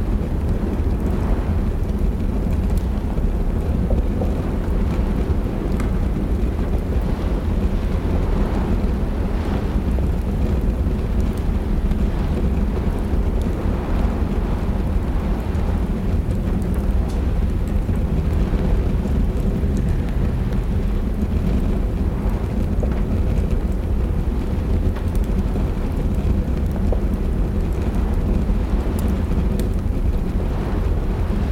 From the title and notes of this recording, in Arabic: العلية الدافئة في عاصفة. أصوات المطر وتكتكة النار للنوم. حيث تكتكة النار في المدفأة تنير الغرفة بوهج دافئ يرقص على الجدران. خارجًا، يهطل المطر على النوافذ، إيقاعه المتواصل يضيف إلى السيمفونية المهدئة للعلية.